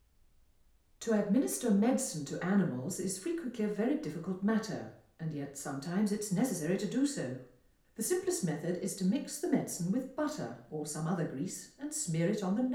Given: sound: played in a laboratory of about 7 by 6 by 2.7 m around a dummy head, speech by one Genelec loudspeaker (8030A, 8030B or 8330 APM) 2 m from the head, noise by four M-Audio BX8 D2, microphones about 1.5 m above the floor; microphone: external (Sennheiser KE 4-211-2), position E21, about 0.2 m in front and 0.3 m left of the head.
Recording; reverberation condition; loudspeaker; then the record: female speech in English; medium; 150 degrees to the left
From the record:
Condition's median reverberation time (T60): about 510 ms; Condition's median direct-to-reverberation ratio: about -0.5 dB